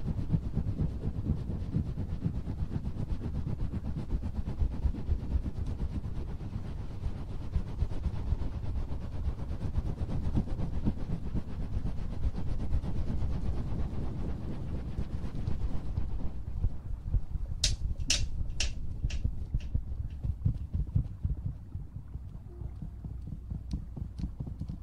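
Ear cleaning and ear massage, heard as a dense, steady low rubbing and thumping that fills the first sixteen seconds. After that the rubbing thins and lightens, and a quick run of bright clicks and scrapes comes around seventeen to nineteen seconds, with a few more near the end.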